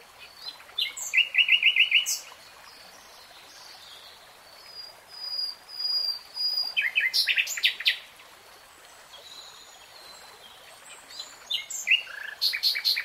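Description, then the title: Nightingale song, fast rattling trills and sharp chirped phrases separated by pauses, with softer whistles between bursts. Singing in real time, not sped up or slowed. "[Tiếng chim hót] REALTIME Nightingale Singing"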